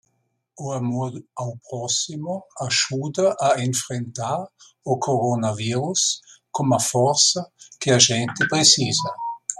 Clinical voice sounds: spoken sentence; Brazilian Portuguese; male; 60 to 69 years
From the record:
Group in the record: control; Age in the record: 69 years

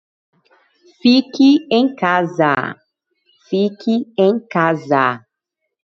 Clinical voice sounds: short text; Brazilian Portuguese; female; 30 to 39 years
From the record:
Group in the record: control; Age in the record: 37 years

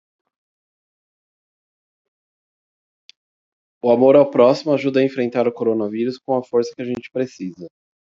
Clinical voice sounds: spoken sentence; Brazilian Portuguese; male; 30 to 39 years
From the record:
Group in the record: control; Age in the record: 39 years

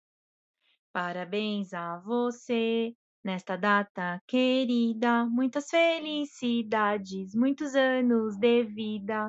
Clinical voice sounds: short text; Brazilian Portuguese; female; 40 to 49 years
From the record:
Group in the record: control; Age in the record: 42 years

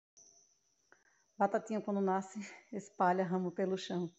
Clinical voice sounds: short text; Brazilian Portuguese; female; 30 to 39 years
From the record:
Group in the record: control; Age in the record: 39 years

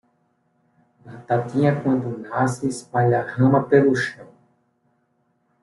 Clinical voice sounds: short text; Brazilian Portuguese; male; 40 to 49 years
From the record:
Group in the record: control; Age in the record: 45 years

